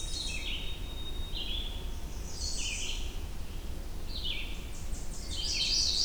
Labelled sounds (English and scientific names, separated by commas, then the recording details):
Red-eyed Vireo (Vireo olivaceus) song
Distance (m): 35 m
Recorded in boreal forest in Alberta, Canada, on 21 June 2016 at 06:49
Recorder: SongMeter 3, array SBT-6-81
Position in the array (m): 15 m, 186 m